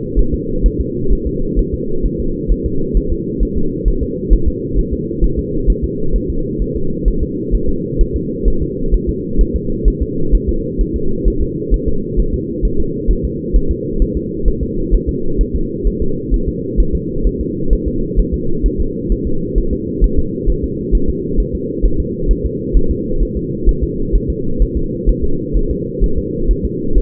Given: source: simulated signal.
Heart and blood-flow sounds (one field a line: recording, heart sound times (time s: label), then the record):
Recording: fetal heart sounds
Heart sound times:
0.19 s: S1
0.34 s: S2
0.66 s: S1
0.81 s: S2
1.13 s: S1
1.27 s: S2
1.59 s: S1
1.74 s: S2
2.06 s: S1
2.20 s: S2
2.52 s: S1
2.66 s: S2
2.97 s: S1
3.12 s: S2
3.43 s: S1
3.57 s: S2
3.88 s: S1
4.03 s: S2
4.33 s: S1
4.48 s: S2
4.79 s: S1
4.93 s: S2
5.24 s: S1
5.39 s: S2
5.70 s: S1
5.84 s: S2
6.16 s: S1
6.30 s: S2
6.62 s: S1
6.76 s: S2
7.08 s: S1
7.23 s: S2
7.55 s: S1
7.69 s: S2
8.01 s: S1
8.16 s: S2
8.48 s: S1
8.62 s: S2
8.94 s: S1
9.09 s: S2
9.41 s: S1
9.56 s: S2
9.88 s: S1
10.02 s: S2
10.34 s: S1
10.49 s: S2
10.81 s: S1
10.96 s: S2
11.28 s: S1
11.42 s: S2
11.74 s: S1
11.88 s: S2
12.20 s: S1
12.34 s: S2
12.65 s: S1
12.80 s: S2
13.11 s: S1
13.25 s: S2
13.56 s: S1
13.71 s: S2
14.02 s: S1
14.17 s: S2
14.48 s: S1
14.63 s: S2
14.94 s: S1
15.09 s: S2
15.41 s: S1
15.56 s: S2
15.87 s: S1
16.02 s: S2
16.34 s: S1
16.49 s: S2
16.80 s: S1
16.95 s: S2
17.27 s: S1
17.41 s: S2
17.73 s: S1
17.88 s: S2
18.19 s: S1
18.34 s: S2
18.66 s: S1
18.81 s: S2
19.12 s: S1
19.27 s: S2
19.58 s: S1
19.73 s: S2
20.04 s: S1
20.19 s: S2
20.50 s: S1
20.64 s: S2
20.95 s: S1
21.09 s: S2
21.40 s: S1
21.55 s: S2
21.85 s: S1
22.00 s: S2
22.31 s: S1
22.46 s: S2
22.77 s: S1
22.91 s: S2
23.23 s: S1
23.37 s: S2
23.69 s: S1
23.84 s: S2
24.15 s: S1
24.30 s: S2
24.62 s: S1
24.77 s: S2
25.09 s: S1
25.24 s: S2
25.57 s: S1
25.71 s: S2
26.04 s: S1
26.18 s: S2
26.51 s: S1
26.65 s: S2
26.98 s: S1
From the record:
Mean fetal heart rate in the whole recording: 130 bpm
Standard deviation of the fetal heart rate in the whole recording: 2 bpm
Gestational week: 36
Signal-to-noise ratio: -8.1 dB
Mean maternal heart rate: 72 bpm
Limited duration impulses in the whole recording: absent